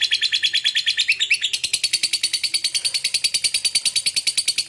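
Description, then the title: Lovebird chattering: a fast, continuous stream of harsh, high chirps pulsing several times per second, with a brief squeaky note partway through. Lovebird said to be very clever at 'memancing', baiting other birds into calling. "Dari Gayanya Lovebird Ini Terlihat Pintar Sekali Memancing"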